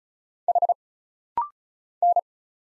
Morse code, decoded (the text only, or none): H N